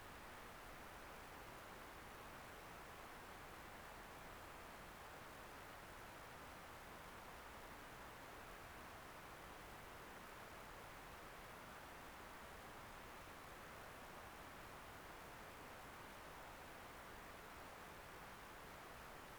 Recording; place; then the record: Doppler ultrasound of blood flow; right subclavian vein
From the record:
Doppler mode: continuous wave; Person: adult scuba diver, at rest before a dive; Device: O'Dive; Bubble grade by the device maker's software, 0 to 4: impossible